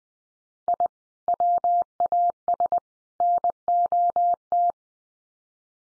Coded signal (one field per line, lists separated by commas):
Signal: Morse code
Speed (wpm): 20 wpm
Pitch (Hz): 700 Hz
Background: none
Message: I WAS NOT